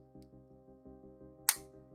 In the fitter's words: There we go. Nice click. That's great.